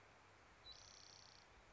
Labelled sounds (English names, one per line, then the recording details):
Spotted Towhee
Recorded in Sonoma County, California